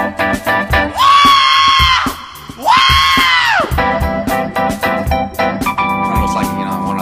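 A 1970s-style Black woman lets out two long, high-pitched screams in quick succession, each swooping up and holding before dropping off, over a steady rhythmic funk-style musical backing that continues afterward.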